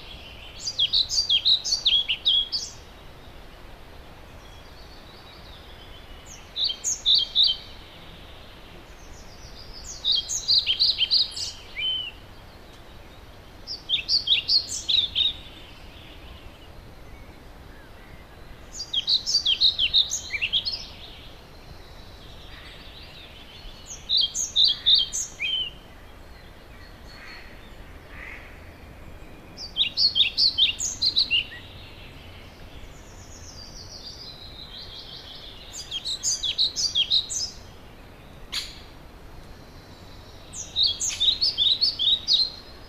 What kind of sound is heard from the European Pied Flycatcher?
song